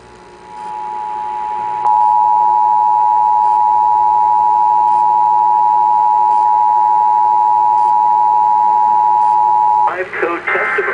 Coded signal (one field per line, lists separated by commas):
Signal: Emergency Alert System (SAME) tones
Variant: 853 and 960 Hz attention tone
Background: speech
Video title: November 9th 2011 Q13 Fox Seattle EAS test (EAS #1)